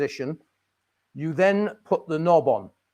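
A replacement control knob is being handled for fitting onto an appliance timer/control spindle while someone talks. Only speech is heard, with no click, and the knob has not yet seated or locked on.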